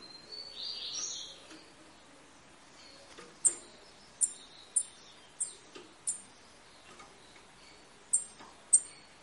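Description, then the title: Double-collared seedeater giving a series of brief, high ticking notes in uneven rhythm, over a soft background hiss. Tui-tui song, a tutor song ('canto professor') for teaching young birds; the bird is described as 'fibra'. "COLEIRO TUI TUI FIBRA CANTO PROFESSOR"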